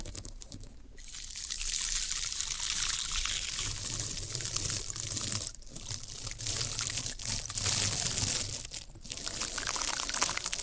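Floral foam being handled gives a dense, steady crackling hiss that stays bright and fizzing, like trickling water, across the whole eleven seconds. Brief pauses or sharper squeaks break the texture around one, five and a half, and nine seconds, with a low hum underneath.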